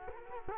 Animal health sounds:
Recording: mosquito wingbeat signal from an infrared sensor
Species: Culex quinquefasciatus

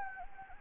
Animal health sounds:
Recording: mosquito wingbeat signal from an infrared sensor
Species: Anopheles gambiae

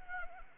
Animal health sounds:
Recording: mosquito wingbeat signal from an infrared sensor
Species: Anopheles arabiensis

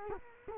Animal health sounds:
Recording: mosquito wingbeat signal from an infrared sensor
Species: Culex quinquefasciatus

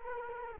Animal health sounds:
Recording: mosquito wingbeat signal from an infrared sensor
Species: Culex quinquefasciatus

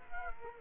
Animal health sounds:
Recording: mosquito wingbeat signal from an infrared sensor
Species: Culex quinquefasciatus

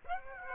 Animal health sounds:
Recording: mosquito wingbeat signal from an infrared sensor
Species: Aedes aegypti

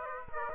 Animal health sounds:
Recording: mosquito wingbeat signal from an infrared sensor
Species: Aedes aegypti

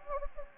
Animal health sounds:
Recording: mosquito wingbeat signal from an infrared sensor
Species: Anopheles gambiae

